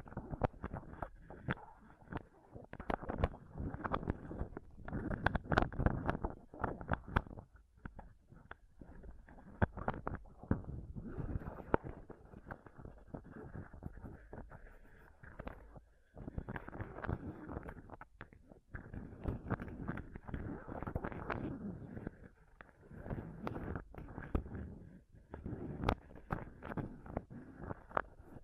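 Microphone scratching and touching: dense, irregular rubbing and crackling with sharp taps, swelling and easing, including a brief quieter gap near sixteen seconds.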